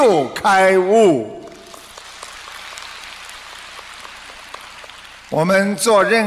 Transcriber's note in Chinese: 掌声